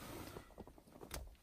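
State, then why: Seated. The female LVDS video connector of a CarPlay box is pushed onto the purple screen connector behind the head unit of an Audi with MMI 2G/3G RMC. A few faint handling taps are followed by a sharp click at 1.1 s as the connector seats and clips in place.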